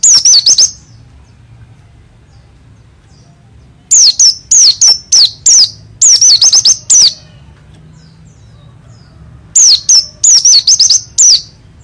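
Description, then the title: White-eye song: a brief burst of shrill whistles, then longer runs of quick, high, downward-slurred notes separated by a few seconds of quiet. Dakun variety from East Java, a promising contest bird; singing prolifically in wild, rolling style (ngalas, ngerol, gacor). "burung pleci dakun jatim joss edan ngalas ngerol gacor calon juara(milik om doddy cikarang)"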